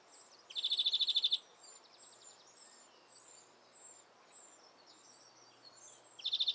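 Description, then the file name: European greenfinch: a fast trill of uniform notes, then faint high chirps, and another trill beginning at the end. "Chloris chloris"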